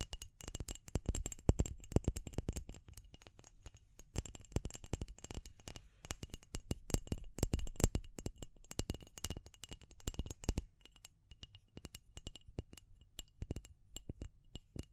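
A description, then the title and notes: Rapid, irregular tapping and scratching, dense clicks with brief pauses near 4 and 11 seconds, over a low rumble. ASMR Relaxing Tapping & Scratching Rode Mic Test (No Talking).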